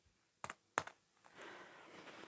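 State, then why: Seated. A zipper slider is pushed onto the ends of nylon continuous zipper tape, with two light clicks at about 0.5 s before a sharp click at 0.8 s. The slider has seated and the teeth have connected, followed by a softer sustained scraping from about 1.3 s.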